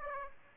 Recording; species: mosquito wingbeat signal from an infrared sensor; Aedes aegypti